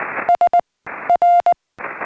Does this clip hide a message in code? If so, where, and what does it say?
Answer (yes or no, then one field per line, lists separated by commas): yes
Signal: Morse code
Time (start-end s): 0.3-1.5 s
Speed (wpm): 20 wpm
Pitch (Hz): 690 Hz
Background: none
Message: S R